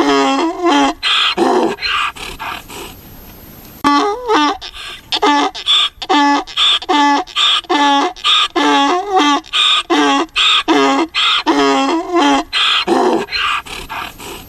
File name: Asino (Equus asinus)